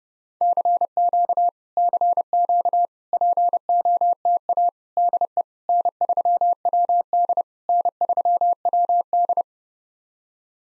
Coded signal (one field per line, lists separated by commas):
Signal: Morse code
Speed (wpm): 31 wpm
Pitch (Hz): 700 Hz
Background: none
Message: CQ CQ POTA DE N3WD N3WD